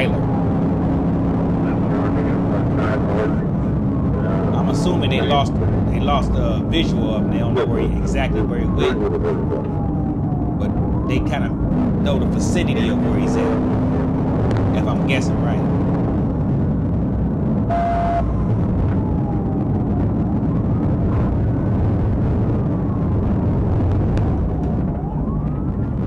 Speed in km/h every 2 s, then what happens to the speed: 130, 127, 124, 113, 100, 105, 121, 129, 113, 116, 119, 106, 69.
0-7 brakes to 100. 7-13 speeds up to 129. 13-24 brakes to 69.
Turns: none.